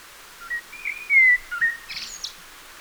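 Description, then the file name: Common blackbird singing a few fluty whistles, one long and loud, followed by a rough high-pitched twittering ending. "Turdus merula"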